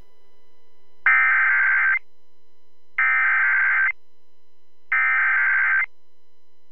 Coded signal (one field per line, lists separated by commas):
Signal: Emergency Alert System (SAME) tones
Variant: header bursts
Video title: Georgia Gets It | EAS Alerts from January 4th, 2023 (EAS #2169-2173)